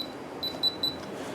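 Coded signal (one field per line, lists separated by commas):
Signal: beep code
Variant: LaGard electronic safe lock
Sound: three quick high-pitched electronic beeps in succession over quiet room tone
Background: quiet room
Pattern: 3 short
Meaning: The deleted code is rejected and the safe does not unlock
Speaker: now the code has been completely deleted we can test it again three beeps at a point unlock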